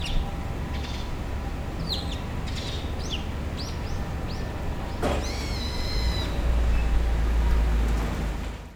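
Bird calls, short thin chirps and downslurred notes scattered throughout, one longer whistled call midway, over a constant low rumbling noise.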